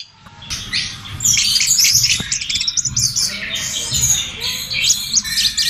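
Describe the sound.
Birds chattering, a thick tangle of scratchy high chirps and squeaks starting after half a second and continuing without pause, with a faint low rumble underneath.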